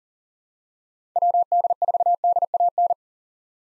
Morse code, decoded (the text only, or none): WD4DAN